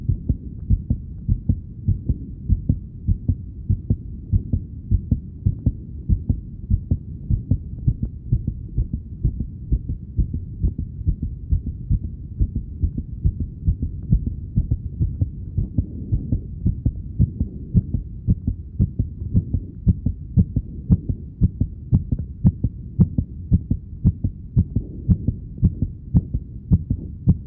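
Deep thumping heartbeats, roughly 110 a minute, with the pace speeding and slowing unevenly throughout, set over a low background hum.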